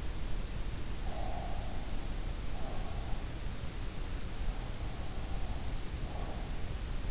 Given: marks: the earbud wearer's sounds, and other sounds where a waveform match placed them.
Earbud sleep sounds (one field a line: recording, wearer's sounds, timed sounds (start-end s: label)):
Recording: sounds in sleep by an in-ear microphone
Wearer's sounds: breath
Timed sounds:
1.20-3.24 s: breath